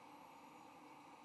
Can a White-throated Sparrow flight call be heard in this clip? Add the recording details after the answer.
no. No flight call is heard. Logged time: 10:57 on 21 November 2014